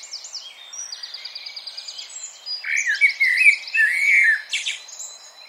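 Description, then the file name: Common blackbird: a series of rapid, high repeated notes followed by a rich warbled phrase. "Turdus merula"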